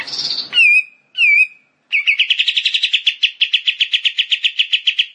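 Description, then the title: Bar-winged prinia song: a harsh buzzy opening, two clear whistled notes, then a long fast series of rapid chipping notes repeated steadily. Rice-field (sawah) variety. "Ciblek Sawah"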